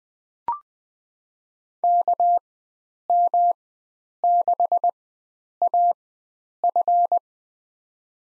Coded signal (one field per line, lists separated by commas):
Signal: Morse code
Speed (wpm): 21 wpm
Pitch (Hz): 700 Hz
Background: none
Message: KM6AF